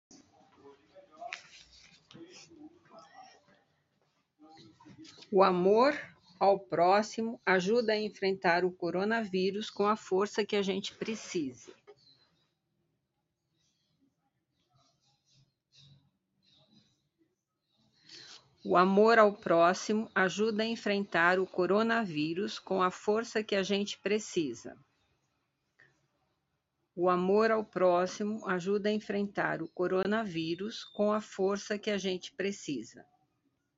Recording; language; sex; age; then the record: spoken sentence; Brazilian Portuguese; female; 60 to 69 years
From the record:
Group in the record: control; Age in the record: 62 years